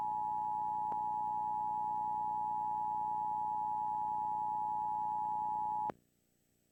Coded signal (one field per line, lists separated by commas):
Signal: Emergency Alert System (SAME) tones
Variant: 853 and 960 Hz attention tone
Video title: Emergency Alert System - New Jersey Monthly Test [September 21, 2021]